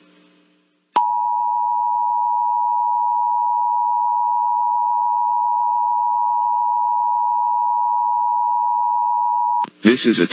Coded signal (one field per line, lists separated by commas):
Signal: Emergency Alert System (SAME) tones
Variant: 853 and 960 Hz attention tone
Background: speech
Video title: EAS 2x Required Monthly Test Nevada (South and East) KLAV +WeatherSTAR4000